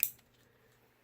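A plastic peg on a part of a Transformers Prime Beast Hunters Voyager Optimus Prime action figure is pushed into its socket, giving a single sharp, bright plastic click at 0.0 s that dies away within about 0.2 s, followed by near silence. The part is seated.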